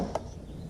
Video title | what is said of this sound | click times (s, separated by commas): Kobalt 80 volt trimmer head replacement | see how it just snaps in place easily like that so | 0.2 s